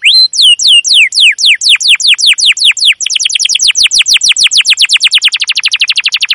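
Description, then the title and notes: Domestic canary song: series of downward-sweeping chirps that speed up into a rapid even trill, clear and loud with no other sounds. Long continuous chirping (cuit cuit, ngerol) used as a lure and master song to train young canaries to learn sounds. "CUIT CUIT NGEROL LANGSUNG GACOR PANJANG Kenari Ini AMPUH Utk Pancingan KENAR. PANCINGAN Kenari GACOR PANJANG Cuit CUIT EMOSI ini AMPUH utk MASTERAN Kenari PAUD belajar BUNYI. burung kenari"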